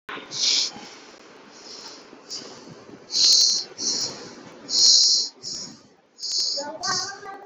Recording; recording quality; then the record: shallow breathing; excellent, no background noise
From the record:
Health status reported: healthy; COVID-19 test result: not tested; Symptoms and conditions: none ticked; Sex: male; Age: 32 years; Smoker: not ticked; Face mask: not worn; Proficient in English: yes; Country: India